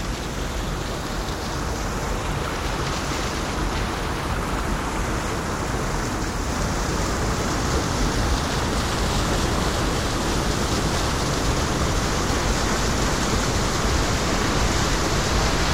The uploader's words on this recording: The deep bass tones of the fall, the clashing ringing spray an infinite variety of small, low tones of the current gliding past the side of the Boulder Island and glinting against a thousand smaller stones down the Ferny channel. Follow the sounds of the Merced River in Yosemite National Park.